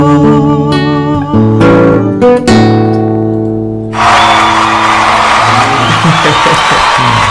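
A song's final sustained notes ring out, then loud, dense audience applause with whoops and cheering erupts and continues steadily to the end.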